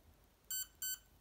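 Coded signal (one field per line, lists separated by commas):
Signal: beep code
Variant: EMAX ESC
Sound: two short electronic beeps from a drone motor, close together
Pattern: 2 short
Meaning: Two beeps select reversed motor direction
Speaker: turn it down wait for two bibs that was one two pull up again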